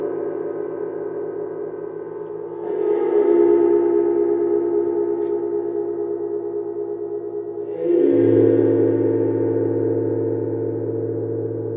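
A gong sounds with a low, steady shimmering hum and layered ringing tones that hold throughout. It is struck or swelled twice, near three seconds and again near eight, each time growing louder and brighter with a rising wash before settling back into a sustained drone.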